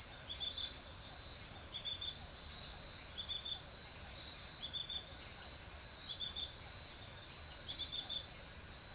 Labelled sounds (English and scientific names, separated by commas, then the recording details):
none
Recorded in forest near Pivijay, Magdalena, Colombia, on 4 June 2023 at 20:30
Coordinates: 10.467, -74.380
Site Z5-G034